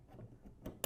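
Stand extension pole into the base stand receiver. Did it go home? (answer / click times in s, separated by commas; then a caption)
yes / 0.8 s. A plastic extension pole slides onto the back of a figure stand until its spring push-button snaps into the matching hole in the base stand receiver. After quiet low rustling and a softer bump near 0.7 s, a sharp click at 0.8 s marks the latch locking in, and the pole is seated.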